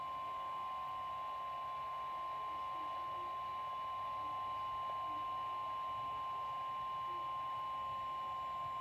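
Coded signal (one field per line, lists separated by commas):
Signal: Emergency Alert System (SAME) tones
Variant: 1050 Hz attention tone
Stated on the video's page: Multiple alerts: five severe thunderstorm warnings, four special marine warnings, one severe thunderstorm watch.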